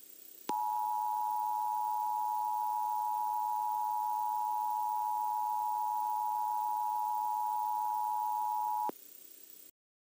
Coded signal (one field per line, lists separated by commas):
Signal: Emergency Alert System (SAME) tones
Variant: 853 and 960 Hz attention tone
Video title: EAS Mock - The 2017 Solar Eclipse in Southern Illinois